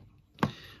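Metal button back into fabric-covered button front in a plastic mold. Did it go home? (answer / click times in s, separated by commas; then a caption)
yes / 0.4 s. While covering a button for a caravan cushion with a DIY button-making kit, a metal button back is pressed into a fabric-covered button front held in a plastic mold. After a quiet lead-in, one sharp click sounds at 0.4 s as the back snaps home and the button is seated.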